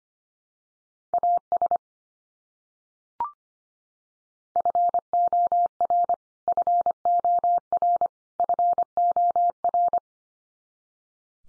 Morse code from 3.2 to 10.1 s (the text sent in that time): FOR FOR FOR